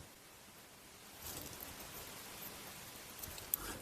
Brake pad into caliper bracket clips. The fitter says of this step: And that should snap right in place.